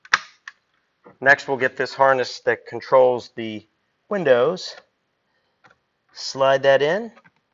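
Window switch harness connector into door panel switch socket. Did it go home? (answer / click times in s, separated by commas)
no / none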